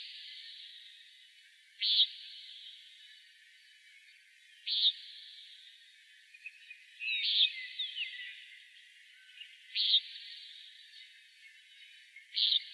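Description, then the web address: Common nighthawk giving short, buzzy, nasal peent calls repeated roughly every two to three seconds, with one longer, more complex burst midway over a faint steady hiss. Recorded 29 June 2003. "Nightjars CONI 062903. deviche"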